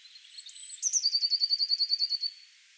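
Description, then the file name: Eurasian blue tit: a thin, high, level whistle followed by a fast, even trill of many short notes. "Cyanistes caeruleus"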